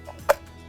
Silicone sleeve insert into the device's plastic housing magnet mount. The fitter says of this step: there's the tiny click and the magnet is locked in now you can pay your attention to the top